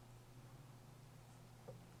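A small antenna's coaxial snap connector is being handled at the antenna socket of a LoRa module board, with steady low hum and faint rustling throughout and a brief soft bump near 1.7 s. Nothing has seated or clicked yet; the connector is not yet home.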